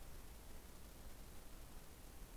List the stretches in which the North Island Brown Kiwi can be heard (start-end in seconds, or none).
none